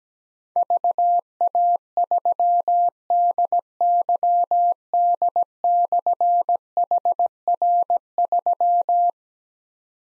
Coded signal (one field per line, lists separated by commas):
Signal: Morse code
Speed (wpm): 17 wpm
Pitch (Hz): 700 Hz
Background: none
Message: VA3DYD/HR3